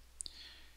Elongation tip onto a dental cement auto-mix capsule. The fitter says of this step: you need to push them on quite firmly to the end until you hear a click